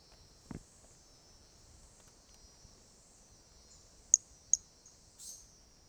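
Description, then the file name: Pumpkin toadlet, a pair of sharp high chirps about a third of a second apart, with a faint high insect chorus in the background. 18 January 2018; individual 05; first note of the call missing; animal not collected. "Brachycephalus mirissimus 18 jan 2018 individual 05 ex 02 first note missing L F Ribeiro not collected"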